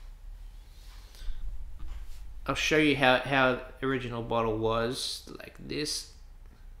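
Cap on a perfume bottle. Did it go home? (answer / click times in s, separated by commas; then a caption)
yes / 6.5 s. The cap of an original fragrance bottle is pressed down onto the perfume bottle while someone talks. A faint click is heard at 6.5 s as the cap clicks into place.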